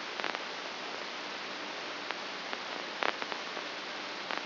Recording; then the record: brain microelectrode recording played as sound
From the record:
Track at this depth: inside the subthalamic nucleus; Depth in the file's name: 4.43 mm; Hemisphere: left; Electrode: 2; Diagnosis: Parkinson's disease